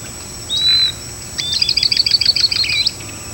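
A bird gives one thin high whistle, then a rapid run of sharp high chirps lasting over a second.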